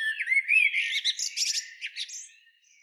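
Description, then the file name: Common blackbird phrase: a few low fluty warbled whistles sliding up and down, then a rapid burst of high, thin twittering notes that fade away. "Turdus merula"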